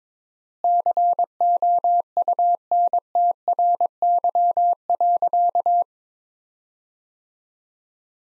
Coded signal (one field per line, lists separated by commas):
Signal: Morse code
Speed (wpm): 22 wpm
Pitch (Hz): 700 Hz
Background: none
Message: COUNTRY.